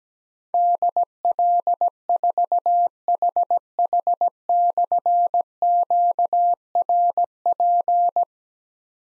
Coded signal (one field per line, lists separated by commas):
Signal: Morse code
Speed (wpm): 17 wpm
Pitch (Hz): 700 Hz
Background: none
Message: DL4HH/QRP